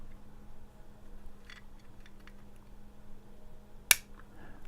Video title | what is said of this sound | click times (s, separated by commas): TYT MD-2017 and Retevis RT-82 DMR blank screen and antenna fix | it goes on with a little click ok | 3.9 s